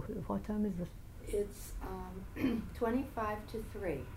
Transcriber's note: clears throat